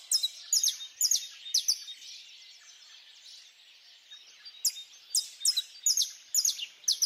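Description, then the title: Birds chirping at dawn, sharp high chirps in quick bursts at the start and end, with softer chirping between them. "Pássaros Cantando No Amanhecer"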